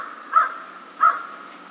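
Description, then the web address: American crow uttering two coarse caws separated by about two thirds of a second. Recorded 2 March 2010. "Crow 2010 03 02 American Crow 03"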